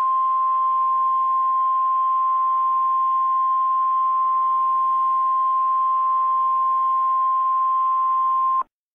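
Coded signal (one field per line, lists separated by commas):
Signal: Emergency Alert System (SAME) tones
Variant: 1050 Hz attention tone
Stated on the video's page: Mock EAS scenario set in Puerto Rico.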